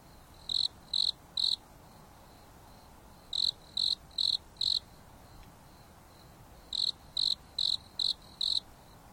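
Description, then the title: Insect chirping, short high pulses in groups of three to five, each group about every three seconds, over a soft steady background hiss. Night on a mountain top under a starry sky, gentle breeze blowing, insects singing leisurely. "There is a gentle breeze blowing on the top of the mountain under the starry sky, and the insects are singing leisurely."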